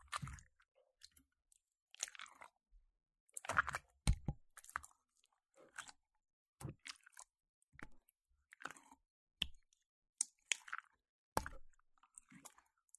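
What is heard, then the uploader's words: Slime being squished and pressed, with short wet clicks, pops and crunchy crackles coming in bursts every second or so. Between the bursts there are near-silent gaps, and a few deeper, heavier squelches land around four and eleven seconds. 史萊姆｜Slime.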